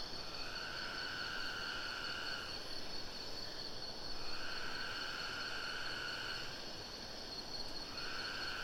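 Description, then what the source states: Cicada singing a tonal buzz that swells and fades in long stretches of a few seconds, over a steady background drone. Singing cicada recorded close to the river in the Sumatra jungle at Ketambe, Aceh region, using a Sony PCM D50.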